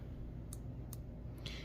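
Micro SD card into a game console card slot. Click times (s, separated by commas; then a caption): 0.5 s, 0.9 s, 1.5 s. A micro SD card is pushed by finger into the spring-loaded card slot under the kickstand of a Nintendo Switch game console. Faint, short clicks sound at 0.5, 0.9 and 1.5 seconds over a steady low background hum. The card latches and is seated in the slot.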